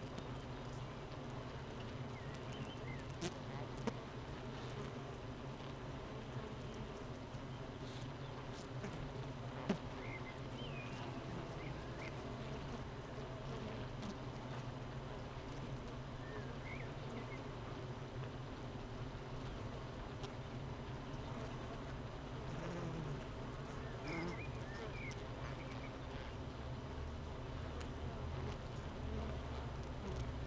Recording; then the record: honeybee colony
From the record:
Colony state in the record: missing queen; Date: 31 May 2018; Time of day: 8:05